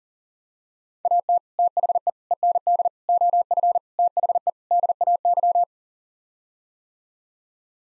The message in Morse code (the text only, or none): AT THE END OF THE DAY